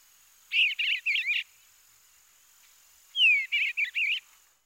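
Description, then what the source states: Eastern Bluebird song, two short soft warbled phrases of burry whistled notes, the second opened by a clear falling whistle. Full song, described as a soft warble with rich whistle notes and occasional chattering.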